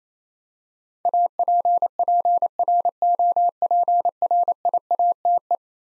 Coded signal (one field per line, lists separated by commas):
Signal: Morse code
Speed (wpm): 28 wpm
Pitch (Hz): 700 Hz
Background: none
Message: APPROPRIATE